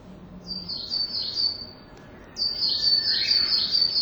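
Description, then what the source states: Coal tit song: thin, high repeated phrases in two bursts, a pause of about a second between them, each a quick series of bright notes. Singing high up, recorded on the way up toward Kotoge after crossing the road to Kinsei Pass; a relative of the tits, smaller than the willow tit.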